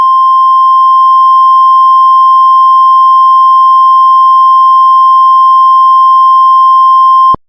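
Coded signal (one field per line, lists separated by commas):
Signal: Emergency Alert System (SAME) tones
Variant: 1050 Hz attention tone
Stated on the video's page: Simulated EAS tornado warning, not a real broadcast.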